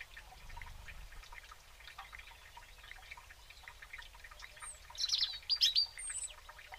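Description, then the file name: European robin giving a short burst of high, thin, twittering notes near the end, over a steady background chorus of other birds. "Erithacus rubecula"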